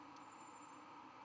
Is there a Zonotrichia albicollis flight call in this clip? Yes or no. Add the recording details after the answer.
no. No flight call is heard. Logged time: 22:00 on 11 November 2014